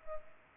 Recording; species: mosquito wingbeat signal from an infrared sensor; Culex pipiens